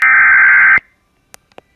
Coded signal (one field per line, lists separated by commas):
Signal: Emergency Alert System (SAME) tones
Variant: header bursts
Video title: (LATE UPLOAD) Severe Thunderstorm Warning on WJON (EAS #227)